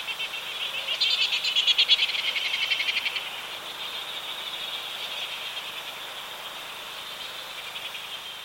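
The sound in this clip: Cook's petrel calls in fast pulsed chattering bursts, high and buzzy, strongest in the first three seconds, over a steady high hiss of background callers.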